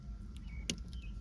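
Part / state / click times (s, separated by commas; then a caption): radio connector into vehicle harness connector / seated / 0.7 s. A Roadanvi 12.3 inch Android head unit being installed in a 2019-2022 Toyota RAV4 has its plastic radio connector plugged into the vehicle harness connector. It aligns and gives one sharp click at 0.7 s over a low background hum, with a few faint ticks around it. The connector is seated and connected.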